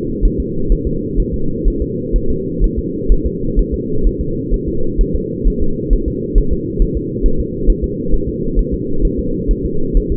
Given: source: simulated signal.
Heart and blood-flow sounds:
fetal heart sounds
0.26 s: S1
0.40 s: S2
0.72 s: S1
0.87 s: S2
1.20 s: S1
1.34 s: S2
1.68 s: S1
1.82 s: S2
2.16 s: S1
2.30 s: S2
2.64 s: S1
2.79 s: S2
3.12 s: S1
3.26 s: S2
3.59 s: S1
3.74 s: S2
4.07 s: S1
4.21 s: S2
4.54 s: S1
4.68 s: S2
5.01 s: S1
5.16 s: S2
5.48 s: S1
5.62 s: S2
5.93 s: S1
6.08 s: S2
6.38 s: S1
6.53 s: S2
6.82 s: S1
6.97 s: S2
7.26 s: S1
7.40 s: S2
7.70 s: S1
7.84 s: S2
8.14 s: S1
8.29 s: S2
8.59 s: S1
8.74 s: S2
9.05 s: S1
9.19 s: S2
9.51 s: S1
9.66 s: S2
9.97 s: S1
10.12 s: S2
From the record:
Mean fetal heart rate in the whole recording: 130 bpm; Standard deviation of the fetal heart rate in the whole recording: 4 bpm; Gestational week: 38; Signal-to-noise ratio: -8.1 dB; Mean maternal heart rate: 72 bpm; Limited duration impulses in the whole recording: absent

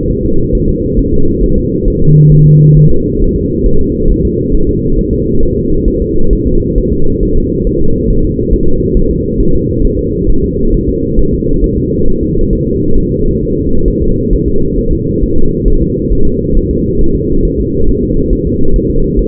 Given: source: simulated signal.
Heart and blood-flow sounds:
fetal heart sounds
0.10 s: S1
0.25 s: S2
0.55 s: S1
0.69 s: S2
0.99 s: S1
1.14 s: S2
1.43 s: S1
1.58 s: S2
1.88 s: S1
2.02 s: S2
2.32 s: S1
2.47 s: S2
2.77 s: S1
2.91 s: S2
3.22 s: S1
3.36 s: S2
3.66 s: S1
3.81 s: S2
4.11 s: S1
4.25 s: S2
4.55 s: S1
4.69 s: S2
4.99 s: S1
5.13 s: S2
5.43 s: S1
5.57 s: S2
5.88 s: S1
6.02 s: S2
6.33 s: S1
6.47 s: S2
6.78 s: S1
6.93 s: S2
7.23 s: S1
7.37 s: S2
7.67 s: S1
7.81 s: S2
8.10 s: S1
8.25 s: S2
8.53 s: S1
8.68 s: S2
8.97 s: S1
9.11 s: S2
9.41 s: S1
9.55 s: S2
9.85 s: S1
9.99 s: S2
10.30 s: S1
10.44 s: S2
10.74 s: S1
10.89 s: S2
11.19 s: S1
11.34 s: S2
11.64 s: S1
11.78 s: S2
12.08 s: S1
12.23 s: S2
12.53 s: S1
12.67 s: S2
12.98 s: S1
13.12 s: S2
13.43 s: S1
13.57 s: S2
13.88 s: S1
14.03 s: S2
14.33 s: S1
14.48 s: S2
14.78 s: S1
14.93 s: S2
15.24 s: S1
15.38 s: S2
15.68 s: S1
15.83 s: S2
16.12 s: S1
16.27 s: S2
16.57 s: S1
16.71 s: S2
17.01 s: S1
17.16 s: S2
17.45 s: S1
17.60 s: S2
17.89 s: S1
18.03 s: S2
18.33 s: S1
18.47 s: S2
18.76 s: S1
18.90 s: S2
19.19 s: S1
From the record:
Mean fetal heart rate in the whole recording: 135 bpm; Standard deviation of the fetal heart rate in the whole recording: 3 bpm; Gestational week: 36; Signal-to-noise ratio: -19.1 dB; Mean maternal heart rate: 72 bpm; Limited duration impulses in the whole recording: present

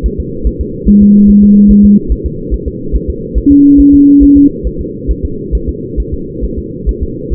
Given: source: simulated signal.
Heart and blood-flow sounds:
fetal heart sounds
0.06 s: S1
0.20 s: S2
0.47 s: S1
0.61 s: S2
0.88 s: S1
1.02 s: S2
1.30 s: S1
1.44 s: S2
1.71 s: S1
1.85 s: S2
2.12 s: S1
2.26 s: S2
2.54 s: S1
2.68 s: S2
2.96 s: S1
3.10 s: S2
3.38 s: S1
3.52 s: S2
3.80 s: S1
3.94 s: S2
4.23 s: S1
4.37 s: S2
4.67 s: S1
4.81 s: S2
5.11 s: S1
5.25 s: S2
5.55 s: S1
5.69 s: S2
6.00 s: S1
6.14 s: S2
6.45 s: S1
6.59 s: S2
6.89 s: S1
7.03 s: S2
7.33 s: S1
From the record:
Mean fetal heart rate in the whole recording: 140 bpm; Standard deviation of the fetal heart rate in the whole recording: 2 bpm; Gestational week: 34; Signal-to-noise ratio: -6.6 dB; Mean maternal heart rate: 72 bpm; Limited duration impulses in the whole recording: present

